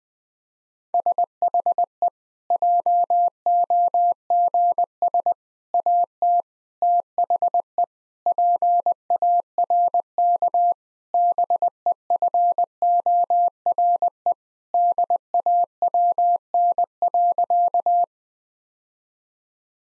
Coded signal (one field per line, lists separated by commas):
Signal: Morse code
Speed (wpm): 20 wpm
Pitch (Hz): 700 Hz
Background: none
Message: SHE JOGS AT THE PARK BEFORE DAWN.